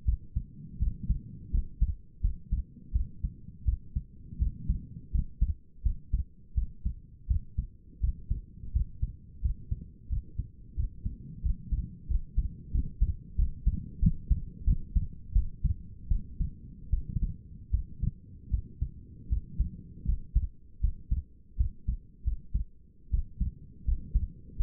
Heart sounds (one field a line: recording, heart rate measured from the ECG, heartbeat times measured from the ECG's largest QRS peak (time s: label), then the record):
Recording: heart sounds by stethoscope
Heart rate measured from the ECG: 83 bpm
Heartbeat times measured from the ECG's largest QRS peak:
0.05 s: heartbeat
0.79 s: heartbeat
1.51 s: heartbeat
2.21 s: heartbeat
2.93 s: heartbeat
3.65 s: heartbeat
4.39 s: heartbeat
5.12 s: heartbeat
5.83 s: heartbeat
6.55 s: heartbeat
7.28 s: heartbeat
8.01 s: heartbeat
8.73 s: heartbeat
9.42 s: heartbeat
10.09 s: heartbeat
10.76 s: heartbeat
11.42 s: heartbeat
12.08 s: heartbeat
12.72 s: heartbeat
13.36 s: heartbeat
14.00 s: heartbeat
14.65 s: heartbeat
15.33 s: heartbeat
16.08 s: heartbeat
16.90 s: heartbeat
17.71 s: heartbeat
18.50 s: heartbeat
19.29 s: heartbeat
20.06 s: heartbeat
20.81 s: heartbeat
21.57 s: heartbeat
22.24 s: heartbeat
23.11 s: heartbeat
23.85 s: heartbeat
24.57 s: heartbeat
From the record:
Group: healthy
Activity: rest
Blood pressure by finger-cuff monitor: 128/82 mmHg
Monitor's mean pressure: 95 mmHg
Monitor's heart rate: 82 bpm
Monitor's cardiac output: 6 L/min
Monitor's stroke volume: 72 mL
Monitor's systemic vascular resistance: 1180 dyn s/cm5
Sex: female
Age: 37 years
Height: 168 cm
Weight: 70 kg